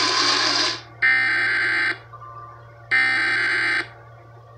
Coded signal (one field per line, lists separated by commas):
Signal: Emergency Alert System (SAME) tones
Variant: header bursts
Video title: BUZZER RWT For Oakland, MI (EAS #745)